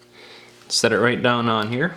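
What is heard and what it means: An internal plastic cover is set down onto the midframe of a OnePlus One phone while someone talks, with a brief hiss-like burst around 0.75 s before the voice. Nothing has snapped or seated yet.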